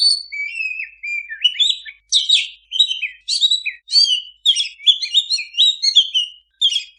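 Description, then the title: Oriental magpie-robin song, opening with drawn whistles, then a quick run of chattering notes in repeated short phrases with small breaks. Master recording of a kacer singing vigorously, meant as a training song for owners of kacer that do not sing. "mster Mnuk. Suara Masteran Kacer Gacor. Yang Punya Kacer Bisu Wajib Masuk"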